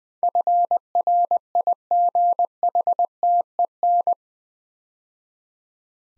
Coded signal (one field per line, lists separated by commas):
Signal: Morse code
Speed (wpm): 20 wpm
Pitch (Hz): 700 Hz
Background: none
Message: FRIGHTEN